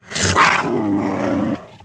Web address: big cats|cougars